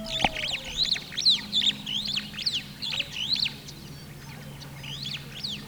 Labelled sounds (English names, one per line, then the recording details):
Superb Starling flight call
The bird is a male
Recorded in Kenya on 9 April 2009 at 07:02
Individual 61, of group MRCV